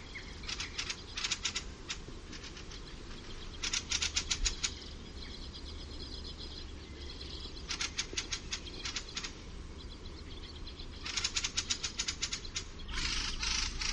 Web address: fieldfare